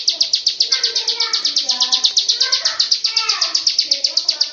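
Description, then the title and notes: Bird warbling in several overlapping sliding notes, heard beneath a loud, even, rapid high pulsing buzz. "Bird Sound. Kicau Burung Lengkap"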